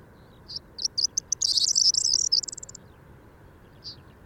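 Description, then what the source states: Corn bunting song: a few spaced ticking notes speeding into a dense, high jangling rattle for about a second, then one short note, over steady low background rumble. Recorded at Garchinger Heide on 8 March 2015.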